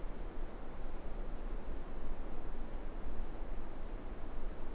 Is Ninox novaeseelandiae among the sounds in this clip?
no